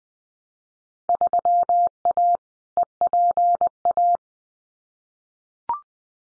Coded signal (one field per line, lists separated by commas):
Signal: Morse code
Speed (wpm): 20 wpm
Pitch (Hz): 700 Hz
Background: none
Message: 3A EPA